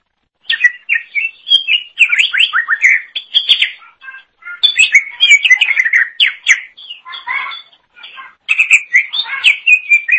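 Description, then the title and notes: Leafbird song, nearly continuous, rich and varied: rapid whistled notes, chatters and downward slurs flowing one into another with only brief pauses. Cucak ijo song. "Suara Kicauan Burung Cucak Ijo"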